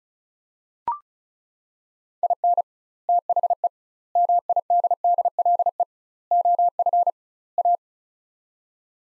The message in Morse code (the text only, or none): IN THE MIDDLE OF A